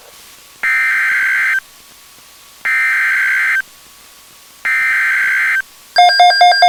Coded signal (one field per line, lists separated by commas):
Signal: Emergency Alert System (SAME) tones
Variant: header bursts